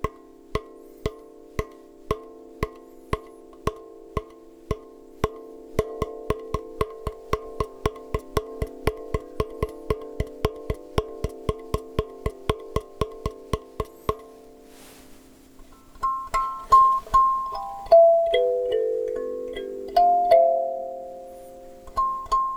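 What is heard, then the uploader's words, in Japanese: Kalimba tones, clear, with a steady run of plucked notes at a brisk even pulse through the first fourteen seconds over a low ringing chord. After a short pause near fifteen seconds, a slower, higher melody follows, each note ringing out and fading. カリンバの音色。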